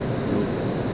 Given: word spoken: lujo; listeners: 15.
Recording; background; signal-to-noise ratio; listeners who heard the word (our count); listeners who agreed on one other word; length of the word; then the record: one Spanish word in noise, from a listening test; speech-shaped noise; -5.1 dB; 0 of 15; 6 of 15; 0.54 s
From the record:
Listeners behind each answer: 6, 3, 1, 1, 1, 1, 1, 1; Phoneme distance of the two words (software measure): 17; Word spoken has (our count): 2 syllables, 4 phonemes, stress on syllable 1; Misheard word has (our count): 1 syllable, 3 phonemes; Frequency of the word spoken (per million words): 28.74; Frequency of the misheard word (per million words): 226.90